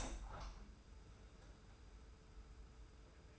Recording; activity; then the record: daily activity, microphone in the room; open window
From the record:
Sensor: 2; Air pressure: 991.2 hPa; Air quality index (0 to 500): 125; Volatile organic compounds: 108 ppm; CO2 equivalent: 3807 ppm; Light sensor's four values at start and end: 37/108/42/40 and 37/108/43/41